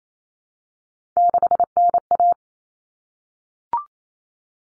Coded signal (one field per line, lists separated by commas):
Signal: Morse code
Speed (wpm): 28 wpm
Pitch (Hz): 700 Hz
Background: none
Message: 6NA